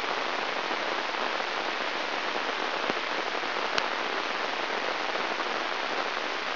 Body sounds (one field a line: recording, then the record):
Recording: brain microelectrode recording played as sound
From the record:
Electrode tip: inside the subthalamic nucleus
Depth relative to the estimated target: -2.5 mm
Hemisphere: right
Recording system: AlphaMap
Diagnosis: Parkinson's disease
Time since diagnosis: 13 years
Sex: male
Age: 63 years